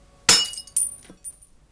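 A drinking glass: a sharp glassy crash with bright ringing overtones, followed by a second smaller clink and a few faint tinkling fragments settling, with no voices.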